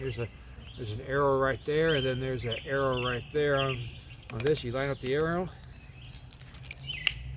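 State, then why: Seated. Someone talks while lining up the arrows on a plastic spray wand and the body of a Ryobi Brushless EZClean 600 PSI cordless cold water power cleaner, then pushes the wand in. A few faint handling taps are followed by a sharp snap at 7.1 s as the wand seats into place.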